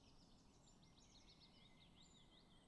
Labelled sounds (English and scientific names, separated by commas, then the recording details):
Eurasian Blue Tit (Cyanistes caeruleus)
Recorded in Germany
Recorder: ecoPi